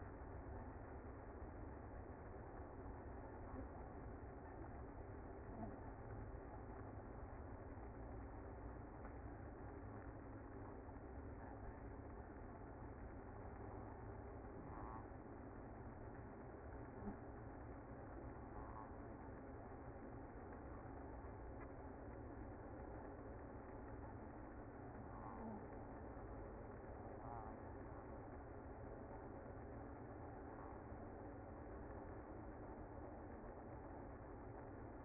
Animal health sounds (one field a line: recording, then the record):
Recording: honeybee colony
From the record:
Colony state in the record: active